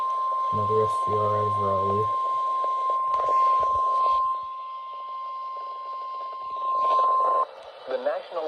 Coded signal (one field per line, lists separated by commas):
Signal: Emergency Alert System (SAME) tones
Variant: 1050 Hz attention tone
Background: speech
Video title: MARCH OF THE MEDIOCRE MODERATE - EAS Alerts from 3/16/26 || EAS 2,054-2,085